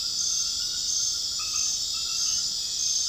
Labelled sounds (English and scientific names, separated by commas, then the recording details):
none
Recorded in dense forest near Puerto Asís, Putumayo, Colombia, on 18 February 2024 at 21:00
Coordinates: 0.502, -76.324
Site G6370